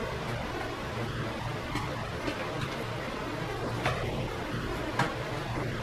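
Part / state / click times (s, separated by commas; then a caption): front bumper grille into front bumper retaining tabs / seated / 3.9 s, 5.0 s. A plastic front bumper grille on a 2013-2020 Mercedes-Benz SL-Class R231 is slid down behind the pulled-back side tabs, then squeezed and pressed into the small retaining tabs around the front bumper. Against a steady low background hum, two sharp clicks sound at 3.9 s and 5.0 s as the grille locks into place.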